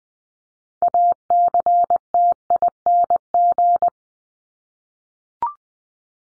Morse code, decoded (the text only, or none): ACTING